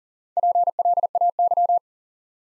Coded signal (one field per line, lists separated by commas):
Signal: Morse code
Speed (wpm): 40 wpm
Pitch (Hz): 700 Hz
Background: none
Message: PLAY